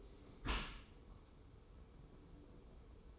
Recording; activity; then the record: daily activity, microphone in the room; close dishwasher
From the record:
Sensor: 1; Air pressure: 1014.9 hPa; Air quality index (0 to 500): 25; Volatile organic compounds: 0 ppm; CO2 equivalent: 501 ppm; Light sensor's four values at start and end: 13/30/12/13 and 13/30/12/13